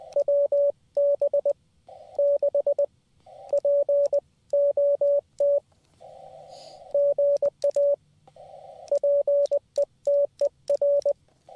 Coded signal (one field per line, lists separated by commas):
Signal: Morse code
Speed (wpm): 20 wpm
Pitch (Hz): 570 Hz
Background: radio noise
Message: WB6POT GA PETER